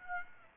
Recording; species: mosquito wingbeat signal from an infrared sensor; Aedes aegypti